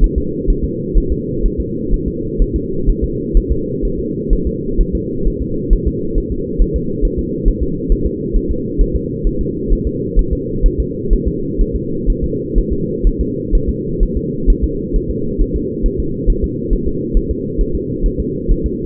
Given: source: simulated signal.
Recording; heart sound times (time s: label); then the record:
fetal heart sounds
0.04 s: S1
0.18 s: S2
0.50 s: S1
0.64 s: S2
0.98 s: S1
1.12 s: S2
1.45 s: S1
1.60 s: S2
1.94 s: S1
2.08 s: S2
2.42 s: S1
2.56 s: S2
2.89 s: S1
3.04 s: S2
3.37 s: S1
3.52 s: S2
3.85 s: S1
3.99 s: S2
4.33 s: S1
4.47 s: S2
4.81 s: S1
4.95 s: S2
5.27 s: S1
5.42 s: S2
5.73 s: S1
5.87 s: S2
6.18 s: S1
6.32 s: S2
6.62 s: S1
6.76 s: S2
7.05 s: S1
7.19 s: S2
7.48 s: S1
7.63 s: S2
7.92 s: S1
8.06 s: S2
8.36 s: S1
8.51 s: S2
8.81 s: S1
8.96 s: S2
9.27 s: S1
9.41 s: S2
9.72 s: S1
9.87 s: S2
10.19 s: S1
10.33 s: S2
10.66 s: S1
10.80 s: S2
11.13 s: S1
11.28 s: S2
11.61 s: S1
11.76 s: S2
12.10 s: S1
12.24 s: S2
12.58 s: S1
12.73 s: S2
13.07 s: S1
13.21 s: S2
13.55 s: S1
13.69 s: S2
14.03 s: S1
14.17 s: S2
14.50 s: S1
14.64 s: S2
14.96 s: S1
15.11 s: S2
15.42 s: S1
15.56 s: S2
15.86 s: S1
16.00 s: S2
16.30 s: S1
16.44 s: S2
16.73 s: S1
16.87 s: S2
17.17 s: S1
17.31 s: S2
17.61 s: S1
17.75 s: S2
18.06 s: S1
18.20 s: S2
18.52 s: S1
18.66 s: S2
From the record:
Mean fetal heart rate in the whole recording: 130 bpm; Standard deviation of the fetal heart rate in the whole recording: 4 bpm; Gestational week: 38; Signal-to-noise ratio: -6.6 dB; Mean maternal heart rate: 72 bpm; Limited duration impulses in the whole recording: present